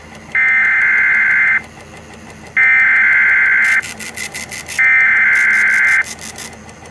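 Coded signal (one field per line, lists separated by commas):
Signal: Emergency Alert System (SAME) tones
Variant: header bursts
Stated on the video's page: National EAS test, October 2023.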